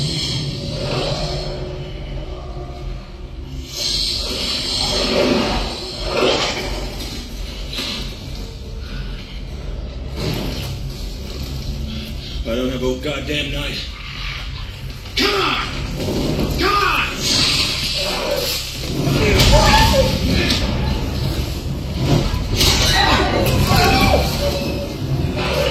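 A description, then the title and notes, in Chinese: On a jungle expedition, voices talk over a steady low vehicle rumble, with clattering bursts and louder surges after fifteen seconds. 4D全息超级环绕-丛林探险。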